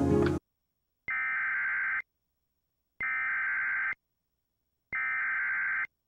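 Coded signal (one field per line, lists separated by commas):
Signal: Emergency Alert System (SAME) tones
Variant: header bursts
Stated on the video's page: Tornado warning received on weather radio station in Monroe, Louisiana, relayed through a Sage Endec and Chyron CODI character generator.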